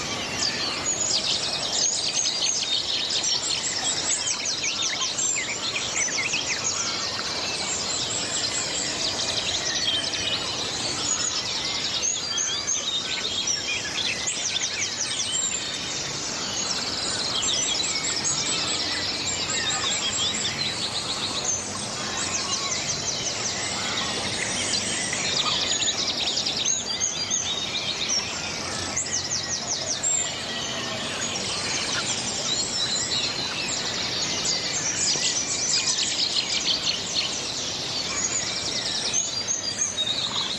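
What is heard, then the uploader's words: A dense dawn chorus of many birds chirping and singing at once, bright and steady throughout, with a soft outdoor hush beneath. The Dawn Chorus. De Chouer vum fréie Mueren, eng ganz Stonn Villerchers Gesank live presentéiert.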